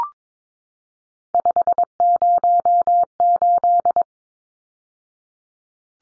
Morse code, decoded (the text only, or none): 508